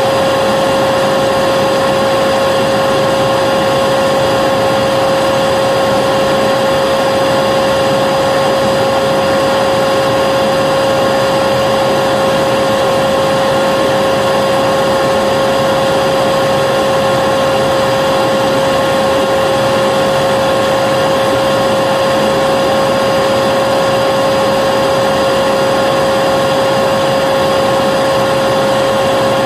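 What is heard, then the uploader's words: A vacuum cleaner runs steadily throughout, a dense unchanging roar with a strong whining tone riding on top and no pauses. Soothing Vacuum Cleaner Sound - White Noise.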